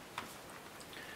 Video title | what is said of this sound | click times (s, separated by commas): Plextor M6S in Medion Akoya E1210 (MSI Wind U100) einbauen | pull it in the correct position. You hear the click. | 0.2 s